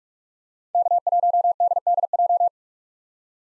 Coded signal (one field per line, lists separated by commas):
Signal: Morse code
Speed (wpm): 44 wpm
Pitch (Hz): 700 Hz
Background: none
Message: K1DDJ